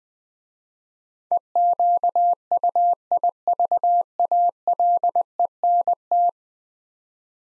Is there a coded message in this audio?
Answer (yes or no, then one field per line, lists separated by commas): yes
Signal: Morse code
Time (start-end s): 1.3-6.3 s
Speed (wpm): 20 wpm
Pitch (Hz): 700 Hz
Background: none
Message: EQUIVALENT